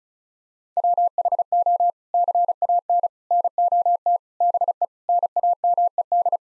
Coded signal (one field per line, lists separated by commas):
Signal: Morse code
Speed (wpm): 36 wpm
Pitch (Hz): 700 Hz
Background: none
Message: WHO CAN NOT BE NAMED